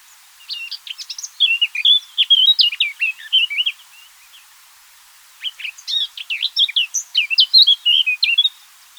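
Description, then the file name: Eurasian blackcap singing rapid chattering warbles in two phrases separated by a short pause, notes jumping up and down in pitch. "Sylvia atricapilla"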